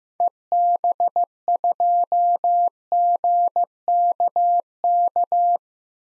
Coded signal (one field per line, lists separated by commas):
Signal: Morse code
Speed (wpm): 15 wpm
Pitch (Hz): 700 Hz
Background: none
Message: EB2GKK